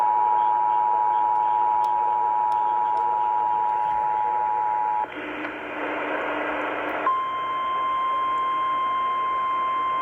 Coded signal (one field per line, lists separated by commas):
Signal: Emergency Alert System (SAME) tones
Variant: 853 and 960 Hz attention tone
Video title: Part 1 of the flooding Madness EAS#228-245 8/12/20-8/14/20